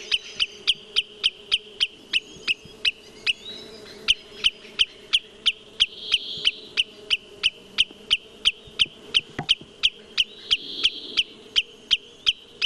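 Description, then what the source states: Wood sandpiper giving a monotonous run of clipped, high 'kit' notes, nearly three a second. Loud, monotonous 'kit, kit, kit' alarm calls.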